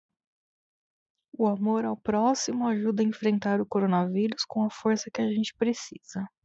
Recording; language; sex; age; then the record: spoken sentence; Brazilian Portuguese; female; 30 to 39 years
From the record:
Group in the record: control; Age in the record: 35 years